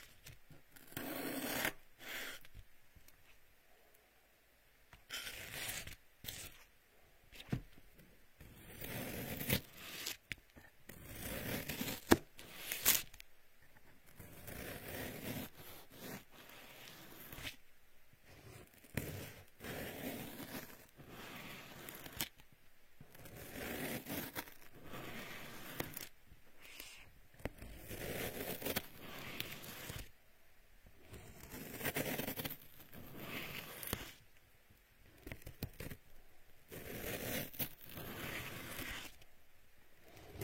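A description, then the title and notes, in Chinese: Homemade aloe gel being worked by hand, with sticky, wet squelches and smearing scrapes that come in bursts throughout. The sounds are bright and textured, pausing briefly every few seconds before resuming, over a quiet, still background. 自制芦荟胶，按摩你的耳朵。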